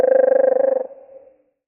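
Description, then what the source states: Marsh wren song, slowed down, heard as a low buzzy rattle of rapid even pulses for under a second, then a fading tonal tail; nothing else audible. Marsh wren of western genetic lineage singing a western song type, North America, recording slowed eight times.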